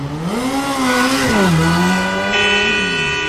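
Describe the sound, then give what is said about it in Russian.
A motorcycle engine revs and accelerates as the bike swerves across two lanes and turns in front of a gas station, its loud buzzing pitch rising, dipping and climbing again, then settling into a steady high drone near the end. No voices are heard. “Мотоцикл лихо махнул через две полосы и под сердитое гудение чужих клаксонов свернул перед заправкой”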